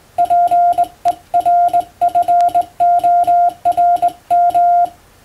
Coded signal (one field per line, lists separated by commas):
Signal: Morse code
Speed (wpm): 20 wpm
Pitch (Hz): 700 Hz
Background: none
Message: PERFORM